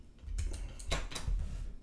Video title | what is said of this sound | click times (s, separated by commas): Reviving Your Old Proxmark3: Firmware Compilation & Flashing with JTAG and OpenOCD | this is a little click sound and it does | 0.4 s